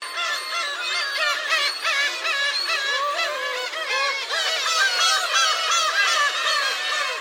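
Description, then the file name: Gulls calling in a dense chorus: many overlapping mewing and yelping notes, some wavering, forming a continuous noisy din. Large group of gulls, Hachinohe, Japan. "SEAGULLS HACHINOHE LARGE GROUP"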